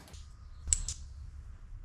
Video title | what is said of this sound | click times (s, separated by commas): F150 Electrical Gremlins (GIRL MECHANIC) | it clicked in | 0.7 s